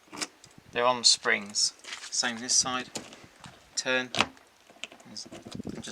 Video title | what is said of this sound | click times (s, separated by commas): Swift Kon-Tiki 645 2004 Motorhome Guide EC200 Digital Control panel | then you stick the key in and you have to push and turn and it clicks in | 0.2 s, 0.4 s